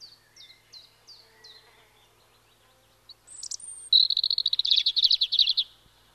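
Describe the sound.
European robin song: several faint thin descending notes, a brief high whistle, then a loud rapid stuttering trill for nearly two seconds.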